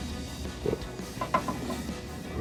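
A new Raxiom Axial Series LED projector headlight assembly is pushed into the headlight opening of a 2003–2005 RAM 2500 truck, with its wire grooves lined up. Small knocks are heard around 1.2 s and 1.5 s, with a sharp click at 1.4 s as the headlight seats in place.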